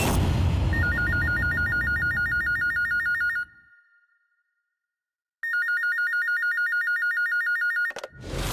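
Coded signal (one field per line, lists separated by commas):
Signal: none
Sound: a phone's ringing tone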